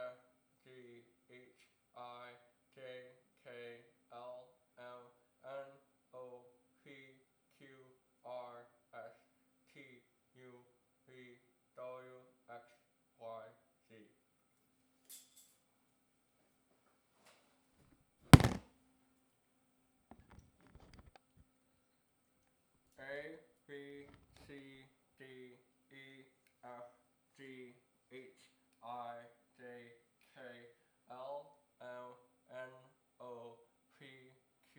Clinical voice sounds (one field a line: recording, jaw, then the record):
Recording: letters of the alphabet, spoken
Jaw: constrained by a bite bar between the teeth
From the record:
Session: first day, right after the free take